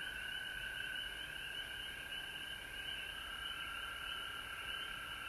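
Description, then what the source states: Frogs in full chorus, an unbroken high trill, steady throughout. Frogs at home in Georgia on March 19, 2020.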